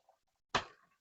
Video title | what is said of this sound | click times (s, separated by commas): STAR TREK NEMESIS DRYDOCK PART-2 | Snap right in. | 0.6 s